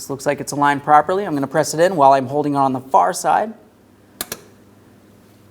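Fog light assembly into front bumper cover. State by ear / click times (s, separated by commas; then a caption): seated / 4.2 s, 4.3 s. A fog light bulb and housing assembly on a 2008-2016 Chrysler Town & Country is pressed into the front bumper cover opening while the far side is held, as someone talks. After a quiet pause, two sharp clicks at 4.2 s and 4.3 s mark both locking tabs snapping in, and the assembly is seated and secured.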